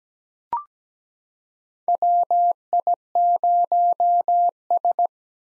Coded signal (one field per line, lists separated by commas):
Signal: Morse code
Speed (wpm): 17 wpm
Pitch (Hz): 700 Hz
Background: none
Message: WI0S